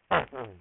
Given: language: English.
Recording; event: throat vibration sensor signal played as sound; throat clearing